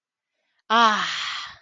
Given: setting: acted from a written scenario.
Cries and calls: vocal sound without words; triumph

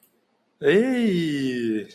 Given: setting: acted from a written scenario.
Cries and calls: vocal sound without words; adoration

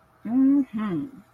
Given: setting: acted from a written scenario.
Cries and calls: vocal sound without words; contentment

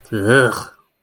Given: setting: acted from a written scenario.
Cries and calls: vocal sound without words; disgust

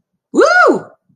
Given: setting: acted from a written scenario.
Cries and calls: vocal sound without words; triumph

